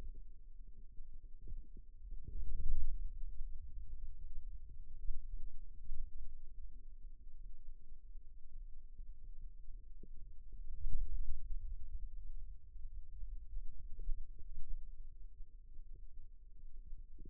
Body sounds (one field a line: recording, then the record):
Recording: forearm muscle sounds (acoustic myography)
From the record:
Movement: ulnar deviation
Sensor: system 2, bracelet of six BSWA MPA416 microphones around the upper forearm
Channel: 2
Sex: male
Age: 22 years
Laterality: right